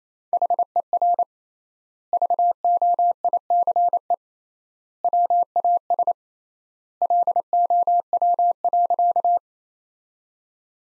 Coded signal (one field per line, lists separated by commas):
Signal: Morse code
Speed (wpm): 28 wpm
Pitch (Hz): 700 Hz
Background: none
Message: HER VOICE WAS LOW.